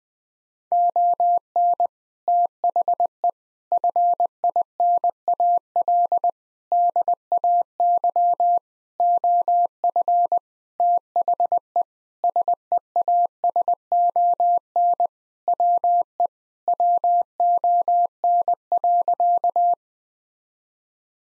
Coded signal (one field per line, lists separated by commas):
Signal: Morse code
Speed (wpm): 21 wpm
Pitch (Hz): 700 Hz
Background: none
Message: ON THE FINAL DAY OF THE SEASON WE WON.